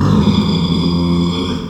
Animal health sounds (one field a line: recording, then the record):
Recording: squeal of a Yucatan mini pig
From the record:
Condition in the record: after surgery on the right vocal fold (resection and tissue-engineered implant)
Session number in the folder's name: 17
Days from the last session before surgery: 195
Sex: female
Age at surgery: 19 weeks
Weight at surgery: 25 kg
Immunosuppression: prednisolone